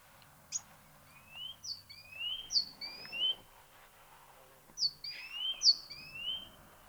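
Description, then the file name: Great tit song, paired whistled notes, a high falling note followed by a lower rising slur, repeated in two loose runs with soft background noise. "Parus major"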